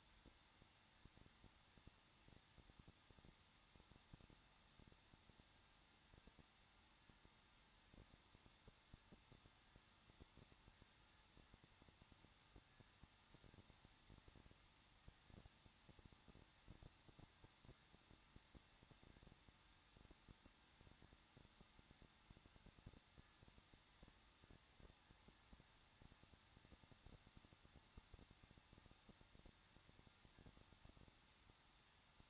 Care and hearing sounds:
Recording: daily activity, microphone in the room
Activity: no activity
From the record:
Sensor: 3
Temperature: 21.2 degrees Celsius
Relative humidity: 36.3%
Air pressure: 1006.3 hPa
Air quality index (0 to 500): 222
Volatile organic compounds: 42 ppm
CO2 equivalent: 3177 ppm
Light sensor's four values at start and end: 2/3/2/2 and 2/3/2/2

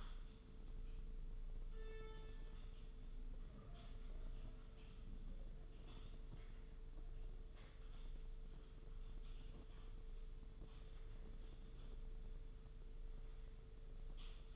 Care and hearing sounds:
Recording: daily activity, microphone in the room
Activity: typing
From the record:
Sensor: 4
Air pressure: 995.3 hPa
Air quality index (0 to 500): 198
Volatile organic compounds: 141 ppm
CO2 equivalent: 3981 ppm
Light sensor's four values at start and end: 10/25/9/11 and 10/25/9/11

